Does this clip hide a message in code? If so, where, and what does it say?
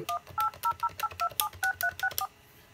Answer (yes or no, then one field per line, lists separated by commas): yes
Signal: DTMF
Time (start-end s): 0.1-2.3 s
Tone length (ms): 80 ms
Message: 18008276364